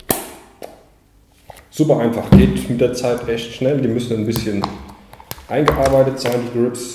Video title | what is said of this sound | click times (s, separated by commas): Tech Tip: wie bekomme ich Dye Griffschalen auf? | einschnappen lassen. | 0.1 s